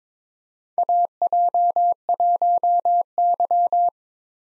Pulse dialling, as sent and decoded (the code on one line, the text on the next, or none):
none